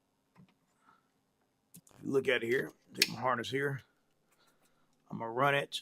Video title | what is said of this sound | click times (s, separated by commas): EZGO TXT: Lithium Battery Install | Pop this in here. You hear it snap in. | 1.9 s